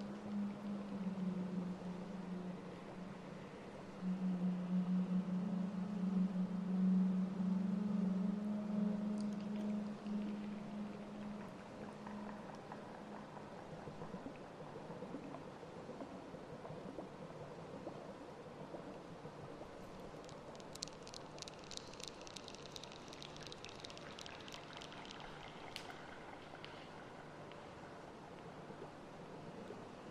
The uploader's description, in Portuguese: no fundo do mar com o canto da sereia, sons de água e eco